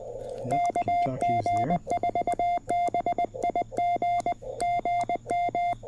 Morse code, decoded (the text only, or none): KG4BIG GM